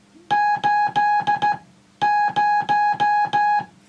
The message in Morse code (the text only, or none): 80